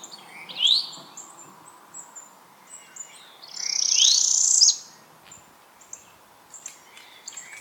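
Parula singing a rising sweep, then a long high buzz ending abruptly, with scattered faint chips.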